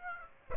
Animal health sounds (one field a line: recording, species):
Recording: mosquito wingbeat signal from an infrared sensor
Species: Aedes aegypti